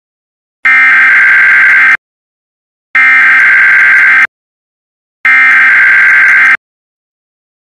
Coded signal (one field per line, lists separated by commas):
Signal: Emergency Alert System (SAME) tones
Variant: header bursts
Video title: The Weather Channel (TWC) in HD EAS Test